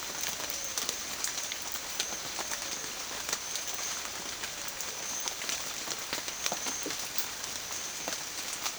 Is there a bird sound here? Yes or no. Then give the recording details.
no. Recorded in pastures near Puerto Asís, Putumayo, Colombia, on 30 June 2025 at 13:00. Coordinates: 0.502, -76.324. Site G010